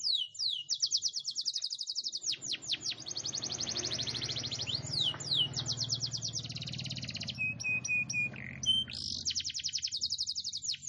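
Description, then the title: Canary song, loud rapid trills and rolling buzzy phrases, broken by a few flat whistled notes near the end, with a faint low hum beneath. Cengkok mewah singing style. "Cengkok Kenari Mewah. KENARI CENGKOK MEWAH"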